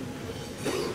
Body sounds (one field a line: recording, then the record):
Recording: coughing mixed with background sound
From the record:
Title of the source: Coughing 77